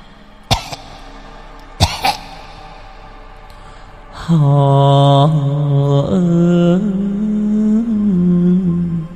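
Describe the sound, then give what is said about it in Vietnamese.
Two harsh, hacking coughs a second or so apart, followed by a loud, drawn-out wavering vocal call that holds a low droning pitch for several seconds. “Thế rồi cái tiếng hò nọ lại vang lên cùng với tiếng ho khổ khổ.”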